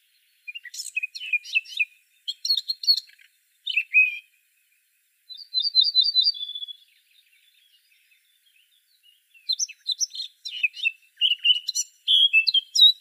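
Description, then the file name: Eurasian blackcap song: bursts of rapid scratchy warbling, a brief fluted phrase, a quiet gap, then another lively high warble. "Sylvia atricapilla"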